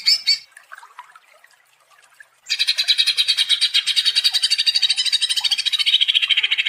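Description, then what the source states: Leafbird song: after a brief scratchy note and a quiet gap, a dense, rapid stream of high pulsed notes runs steadily for the last four seconds. Cage-bird training song (masteran and pancingan, a lure to prompt singing) of a constantly singing leafbird.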